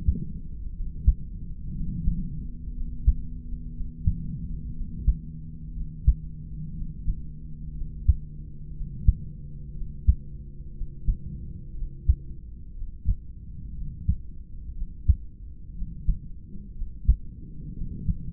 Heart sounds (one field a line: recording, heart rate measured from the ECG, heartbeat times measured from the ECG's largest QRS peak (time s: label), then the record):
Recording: heart sounds by stethoscope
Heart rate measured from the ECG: 60 bpm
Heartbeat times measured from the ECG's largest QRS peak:
0.70 s: heartbeat
1.71 s: heartbeat
2.70 s: heartbeat
3.70 s: heartbeat
4.71 s: heartbeat
5.70 s: heartbeat
6.71 s: heartbeat
7.71 s: heartbeat
8.71 s: heartbeat
9.71 s: heartbeat
10.71 s: heartbeat
11.72 s: heartbeat
12.71 s: heartbeat
13.71 s: heartbeat
14.71 s: heartbeat
15.72 s: heartbeat
16.72 s: heartbeat
17.71 s: heartbeat
From the record:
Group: heart failure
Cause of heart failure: idiopathic cardiomyopathy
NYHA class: 2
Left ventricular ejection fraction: 17%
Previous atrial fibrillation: present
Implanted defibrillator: present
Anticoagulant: edoxaban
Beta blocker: bisoprolol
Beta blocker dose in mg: 7.5 twice daily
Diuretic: furosemide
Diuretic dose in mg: 20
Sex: male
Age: 63 years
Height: 160 cm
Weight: 69 kg